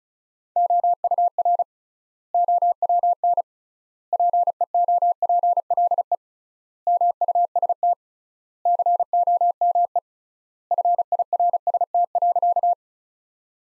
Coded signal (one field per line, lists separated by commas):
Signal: Morse code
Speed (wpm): 34 wpm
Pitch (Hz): 700 Hz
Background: none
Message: OUR OWN PEOPLE MUST COME FIRST.